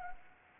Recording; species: mosquito wingbeat signal from an infrared sensor; Anopheles gambiae